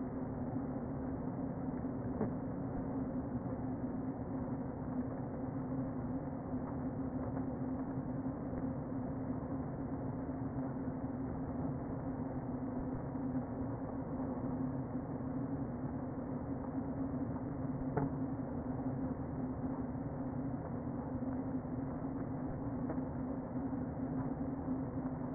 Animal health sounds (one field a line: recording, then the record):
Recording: honeybee colony, microphone inside the hive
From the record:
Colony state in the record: queen present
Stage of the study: before two queens were removed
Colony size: about 60,000 bees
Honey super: yes